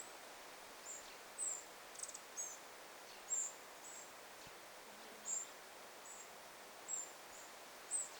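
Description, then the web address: Eurasian wren fledglings giving very high, thin, short begging notes, scattered singly at uneven intervals, over a soft steady background hiss. Fledglings begging, 9 August 2026. "paivat 9 8 2026 peukaloisen lentopoikaset kerjaavat"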